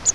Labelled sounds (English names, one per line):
Grace's Warbler flight call